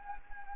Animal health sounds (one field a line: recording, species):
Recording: mosquito wingbeat signal from an infrared sensor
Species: Anopheles gambiae